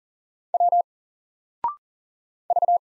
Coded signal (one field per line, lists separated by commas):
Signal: Morse code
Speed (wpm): 40 wpm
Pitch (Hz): 700 Hz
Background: none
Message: W V